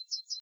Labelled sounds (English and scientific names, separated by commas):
Yellowhammer (Emberiza citrinella) song